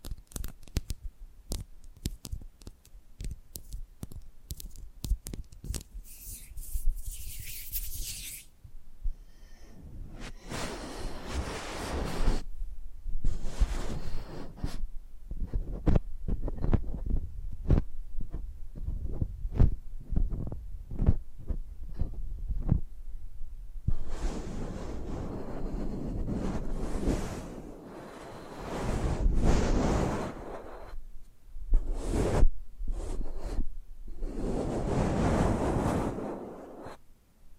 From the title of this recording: First Person Triggers Ear Scratching, Face Brushing etc (No Talking)